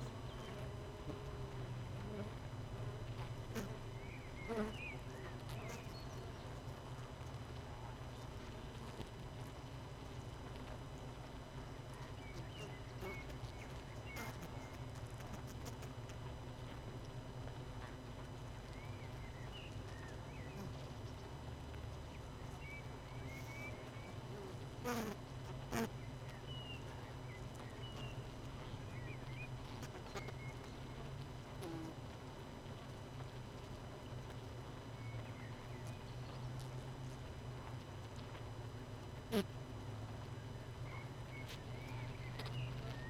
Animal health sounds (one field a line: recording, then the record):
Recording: honeybee colony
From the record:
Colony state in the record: missing queen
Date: 31 May 2018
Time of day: 18:48